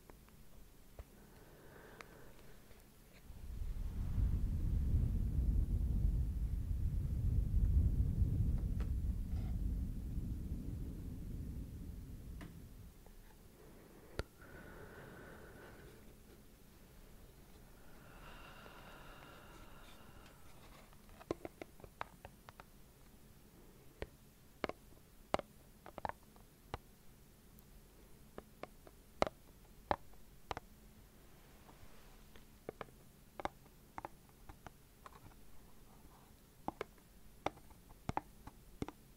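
Slow, rhythmic tapping and breathing. A long, heavy, low rushing breath swells from about four to twelve seconds and fades, followed by a few softer breathy sounds. From around twenty seconds, sharp, crisp taps land at a slow, fairly regular pace to the end.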